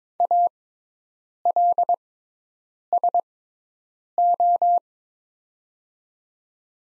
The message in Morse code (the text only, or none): ALSO